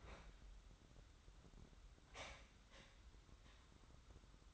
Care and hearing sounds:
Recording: daily activity, microphone in the room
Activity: open fridge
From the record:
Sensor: 3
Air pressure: 994.5 hPa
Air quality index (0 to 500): 209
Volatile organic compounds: 1000 ppm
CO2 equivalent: 6978 ppm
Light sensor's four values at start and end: 124/294/121/114 and 125/297/122/115

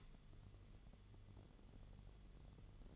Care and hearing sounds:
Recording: daily activity, microphone in the room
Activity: light on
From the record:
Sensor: 4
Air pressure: 1008.7 hPa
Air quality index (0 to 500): 95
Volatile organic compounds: 1 ppm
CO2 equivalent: 713 ppm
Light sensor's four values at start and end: 11/25/10/9 and 11/27/10/10

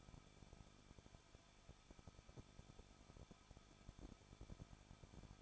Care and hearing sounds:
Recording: daily activity, microphone in the room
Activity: no activity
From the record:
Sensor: 5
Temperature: 20.7 degrees Celsius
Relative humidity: 38.6%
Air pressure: 1006.5 hPa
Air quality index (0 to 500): 192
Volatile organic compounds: 21 ppm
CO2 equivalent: 2717 ppm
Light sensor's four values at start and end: 2/3/1/1 and 2/3/1/1

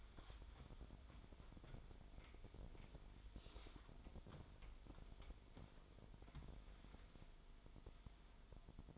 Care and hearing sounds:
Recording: daily activity, microphone in the room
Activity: wipe stove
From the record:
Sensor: 5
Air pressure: 1003.3 hPa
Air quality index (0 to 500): 143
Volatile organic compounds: 2 ppm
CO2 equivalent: 1037 ppm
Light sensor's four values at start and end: 35/76/34/40 and 36/81/36/42

